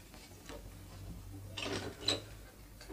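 A door is opened: a few faint mechanical clicks and a rattling latch, then a brief scraping rush of sound as it swings, with no one speaking.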